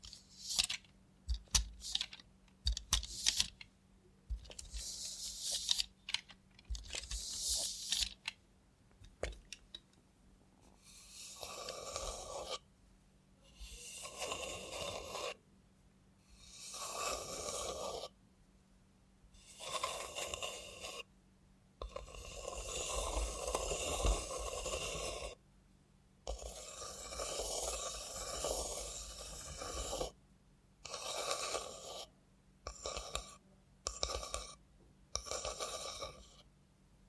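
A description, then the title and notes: ASMR with a robot hand: the first ten seconds bring sharp clicks and taps with a few hissy bursts, then come whirring, rasping motor sweeps lasting one to three seconds, separated by silences and turning shorter and quicker near the end. A faint low hum runs underneath. Try ASMR with a Robot Hand (No Talking).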